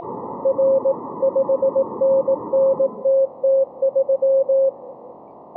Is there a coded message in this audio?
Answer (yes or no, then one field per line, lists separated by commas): yes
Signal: Morse code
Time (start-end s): 0.5-4.7 s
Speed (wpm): 18 wpm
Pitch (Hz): 540 Hz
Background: none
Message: R 5NNTT3